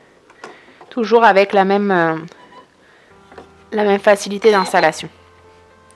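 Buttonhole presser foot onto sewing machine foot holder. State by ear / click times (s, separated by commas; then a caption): not seated / none. On a Janome Skyline S7 sewing machine, the standard presser foot is being swapped for the special metal buttonhole foot, which is handled toward the foot holder that gets lowered onto it. Someone talks over a few faint taps and a low steady hum that starts around 3.1 s. Nothing has seated or clicked yet; the clip ends just before the foot snaps home.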